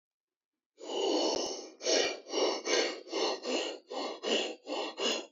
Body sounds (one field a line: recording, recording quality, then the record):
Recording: shallow breathing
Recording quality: excellent, no background noise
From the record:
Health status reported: healthy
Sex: male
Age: 26 years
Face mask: not worn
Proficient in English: yes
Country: Canada